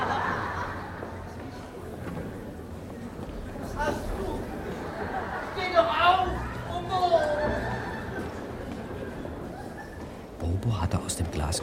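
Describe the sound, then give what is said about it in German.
A crowd of circus spectators murmurs restlessly in a steady, overlapping babble of indistinct voices, swelling briefly in the middle before settling back to an uneasy hum. “Die Zuschauer wurden unruhig.”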